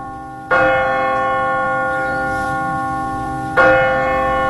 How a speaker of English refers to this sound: The bell of St. Mark's.